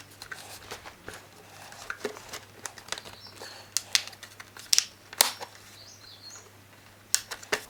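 The long retaining strip of a Recaro car seat cover is pressed back along the seat frame over new, thicker foam, with soft rustling between sharp pops. The strip pops into place at 3.8, 4.0, 4.7, 5.2 and 7.1 seconds, and the cover is seated back in place.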